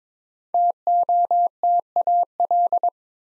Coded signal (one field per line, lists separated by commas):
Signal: Morse code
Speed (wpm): 22 wpm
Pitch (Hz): 700 Hz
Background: none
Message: TOTAL